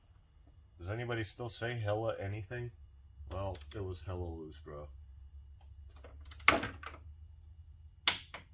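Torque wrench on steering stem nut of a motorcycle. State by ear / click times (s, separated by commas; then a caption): torque reached / 8.1 s. Someone talks while a torque wrench with a special socket tightens the steering stem nut on the steering head bearings of an SV650 motorcycle, which had been loose. A few sharp mechanical ticks come around 6.3–6.9 s, then the wrench breaks over with a distinct click at 8.1 s, confirming the nut has reached the set torque.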